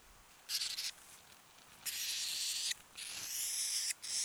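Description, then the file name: Eurasian blue tit hissing in several broad, rough bursts, with a long quiet pause after the first and only brief gaps between the later ones. "Cyanistes caeruleus"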